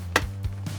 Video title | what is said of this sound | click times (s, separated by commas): The Ultimate Cordless Battery? Dissecting the Riccar R10CV. | and we're going to push down until it clicks | 0.2 s